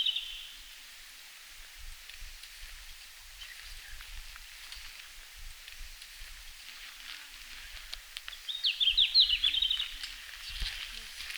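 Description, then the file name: Red-flanked bluetail song: a short, high, rapid warbling phrase late, over quiet background hiss. Recorded in Finland on 17 June 2019, at 17:00. "Robin à flancs roux-20190617-1700-Finlande"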